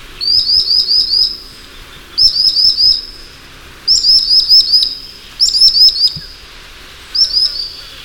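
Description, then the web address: Common sandpiper song: high, thin trilled bursts of about five quick notes, with short pauses between. "chant xeno-canto chevalier guignette"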